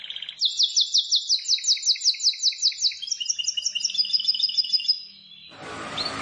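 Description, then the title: Prinia song, a rapid run of bright, downslurred high notes merging into a thinner buzzy trill, ending in a short burst of rustling noise. "Ciblek Sawah 1"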